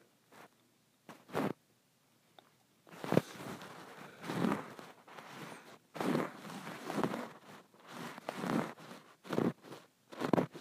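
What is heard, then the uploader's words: Scratching on a bumpy, textured pillow, heard as rough, raspy strokes that come in bursts. After a few short scrapes in the first two seconds, the scratching turns denser and more continuous, with swelling strokes roughly every second and brief pauses between them. ASMR Scratching my Bumpy and Textured Pillow.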